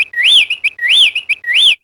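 Bird giving three loud high whistled phrases in quick succession, each a short note followed by a smooth rising-then-falling whistle.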